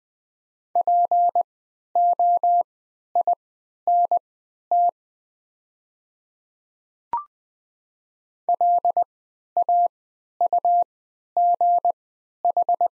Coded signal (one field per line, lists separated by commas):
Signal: Morse code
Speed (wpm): 20 wpm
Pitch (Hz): 700 Hz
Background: none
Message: POINT LAUGH